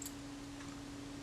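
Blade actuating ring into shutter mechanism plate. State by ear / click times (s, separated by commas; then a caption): not seated / none. The metal blade actuating ring of a Kodak Retina IIIc shutter is handled and repositioned against the shutter mechanism plate, where it drops into place. A brief faint tick sounds at the very start, then only a steady low hum continues. Nothing has seated or clicked yet.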